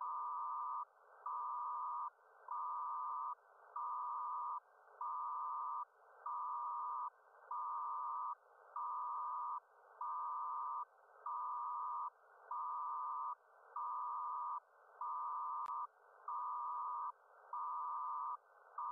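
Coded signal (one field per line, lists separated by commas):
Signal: HF data modem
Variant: PACTOR-II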